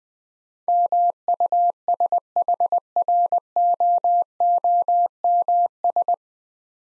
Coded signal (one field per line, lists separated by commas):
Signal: Morse code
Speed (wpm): 20 wpm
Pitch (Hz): 700 Hz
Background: none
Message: MUSHROOMS